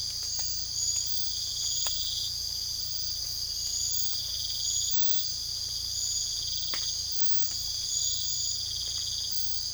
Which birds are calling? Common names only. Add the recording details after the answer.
none. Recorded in secondary vegetation near Puerto Asís, Putumayo, Colombia, on 18 December 2024 at 05:00. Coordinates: 0.499, -76.323. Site G010